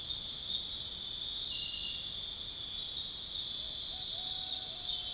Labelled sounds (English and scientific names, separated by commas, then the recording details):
none
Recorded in dense forest near Puerto Asís, Putumayo, Colombia, on 18 February 2024 at 01:00
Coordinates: 0.502, -76.324
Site G6370